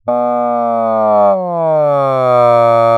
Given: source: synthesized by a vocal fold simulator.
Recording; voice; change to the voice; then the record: sustained vowel; male; asymmetry, level 38 of 51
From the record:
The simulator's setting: 4.70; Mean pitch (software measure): 125 Hz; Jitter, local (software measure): 0.31%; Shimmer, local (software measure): 1.5%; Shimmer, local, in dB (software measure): 0.12 dB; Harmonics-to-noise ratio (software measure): 29.9 dB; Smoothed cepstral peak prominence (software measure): 23.0 dB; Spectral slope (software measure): -18.9 dB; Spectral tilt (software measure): -13.0 dB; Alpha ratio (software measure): -9.4 dB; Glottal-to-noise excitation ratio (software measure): 0.961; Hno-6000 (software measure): 3.2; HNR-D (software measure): 26.4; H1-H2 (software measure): -3.7 dB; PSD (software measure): 1.2e-03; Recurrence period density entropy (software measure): 0.113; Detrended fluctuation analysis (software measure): 0.0458